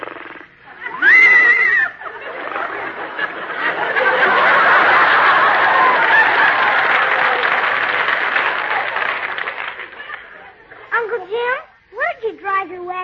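A high, wavering whinny from a horse named Deborah, being led up over a curb to Mr. Benny's house, rings out, followed by a long swell of crowd laughter and clapping, then a quick run of short, breathy snorting snickers at the end.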